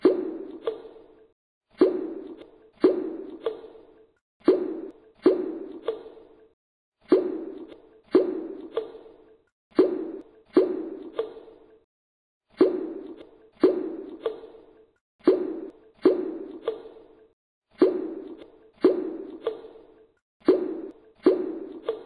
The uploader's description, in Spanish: sonido de gotas de agua